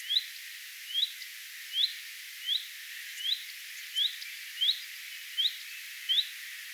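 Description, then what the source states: Common redstart repeating a sharp upward-sliding whistle, evenly spaced a little under a second apart, loud and clean over soft background hiss. Alarm or attention calls, recorded 3 May 2025.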